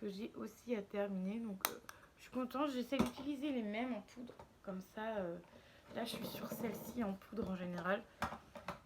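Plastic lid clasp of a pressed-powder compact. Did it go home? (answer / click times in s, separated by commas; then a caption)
no / none. Someone talks while closing the plastic lid of a pressed-powder compact, and two short taps at 8.6 s and 8.7 s are the lid touching the base. The broken plastic lid clasp does not catch, so nothing has clicked shut yet.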